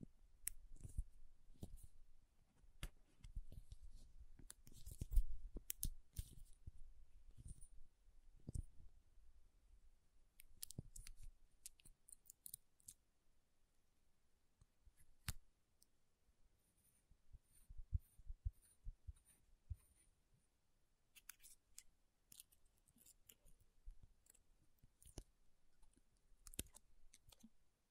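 Makeup tapping and scratching: dense, irregular taps and short scrapes crowd the first ten seconds, with some louder clicks. The middle turns quieter and sparser, with a few bright ticking patterns, then scattered sharp taps and scratches return toward the end.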